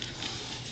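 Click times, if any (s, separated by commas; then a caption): 0.0 s. The doughnut ring of a B9 robot build is set down so the holes on its underside sit over the bolts of the robot's lower section. A short, sharp hit at 0.0 s stands out over a steady, broadband hiss. The ring drops onto the bolts and locks nicely into place.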